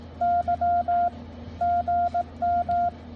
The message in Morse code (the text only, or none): Y GM